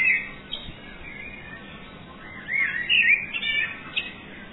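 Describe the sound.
Bird song: a short twitter at the start, then after a pause a lively run of rising and falling whistled chirps, over a faint hiss.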